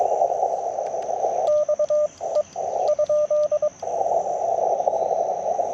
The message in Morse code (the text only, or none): XE ?